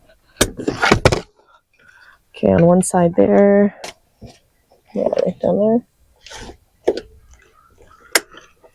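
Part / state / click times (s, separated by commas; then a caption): car seat lower anchor connector onto vehicle anchor bar / seated / 8.2 s. Someone talks while a Baby Jogger City Turn car seat's LATCH lower anchor connector is pushed onto the lower anchor bar on one side of a Toyota Grand Highlander, with soft handling clatter and a few knocks. A sharp click at 8.2 s marks the connector seating onto the anchor bar.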